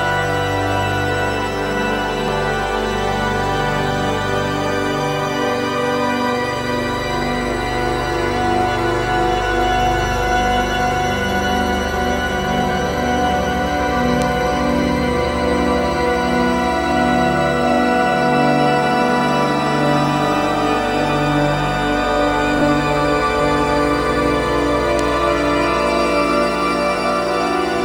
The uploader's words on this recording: Droneo's evo345 through Crystalline. Here's a rapidly evolving drone burbling though Crystalline to add extra crystals.